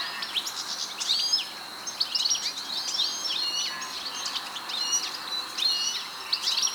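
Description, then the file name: European goldfinch twittering: rapid, jangling high chirps and trills repeated almost continuously. "Carduelis carduelis"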